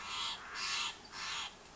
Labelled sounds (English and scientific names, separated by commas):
Steller's Jay (Cyanocitta stelleri)